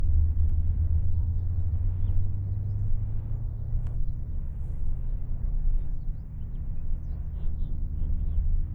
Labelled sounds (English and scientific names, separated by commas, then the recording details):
House Finch (Haemorhous mexicanus) song
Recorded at Babylon on Long Island, New York, on 20 May 1975
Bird A